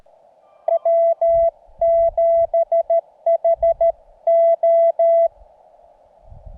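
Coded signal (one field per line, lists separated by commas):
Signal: Morse code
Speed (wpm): 14 wpm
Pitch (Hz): 670 Hz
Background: none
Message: W7HO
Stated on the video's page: CW contacts during a joint Summits on the Air activation atop Mount Baldy, Arizona.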